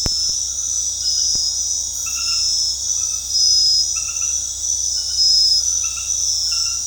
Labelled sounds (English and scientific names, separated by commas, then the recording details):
none
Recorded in dense forest near Puerto Asís, Putumayo, Colombia, on 21 February 2024 at 22:00
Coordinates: 0.485, -76.322
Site G6406